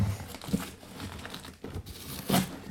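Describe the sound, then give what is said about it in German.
A paper package containing a tape recording is unwrapped with continuous crinkling and rustling, broken by a few sharper crackles and one brief louder tearing rustle near the end. No voices are heard. “Nun öffne das Paket.”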